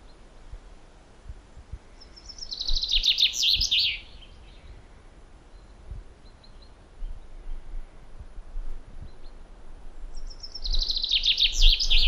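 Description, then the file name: Common chaffinch singing two bright, descending trilled phrases about eight seconds apart, over a low rumble of background noise. "Fringilla coelebs"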